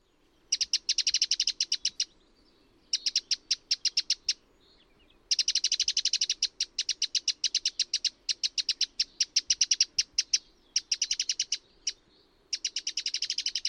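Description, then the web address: Bird calling in rapid bursts of sharp, high, clicking notes, with short pauses between bursts; faint low hum beneath. "cianscape birddata Deverinetal 2025"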